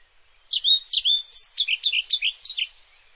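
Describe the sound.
Bird giving a short varied phrase of high, slurred, warbling notes in quick succession.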